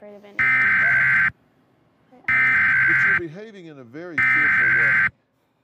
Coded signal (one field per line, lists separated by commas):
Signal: Emergency Alert System (SAME) tones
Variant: header bursts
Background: speech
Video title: EAS Mock #8: EMnet moment